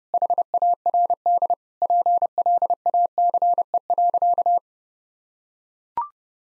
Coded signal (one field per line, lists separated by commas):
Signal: Morse code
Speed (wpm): 30 wpm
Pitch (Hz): 700 Hz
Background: none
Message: HARD PLACE.